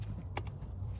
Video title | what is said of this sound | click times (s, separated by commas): 07-13 Silverado 1500 4.8/5.3/6.0L ~ MSD Street Fire Coil Pack Swap | there go the pop | 0.4 s